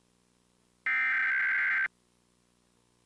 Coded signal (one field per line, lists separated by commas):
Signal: Emergency Alert System (SAME) tones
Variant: header bursts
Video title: National Periodic EAS Test - San Antonio Stations, 8/7/2019